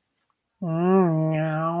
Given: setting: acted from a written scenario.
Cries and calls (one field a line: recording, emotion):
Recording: vocal sound without words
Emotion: desire